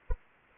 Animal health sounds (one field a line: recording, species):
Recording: mosquito wingbeat signal from an infrared sensor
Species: Anopheles arabiensis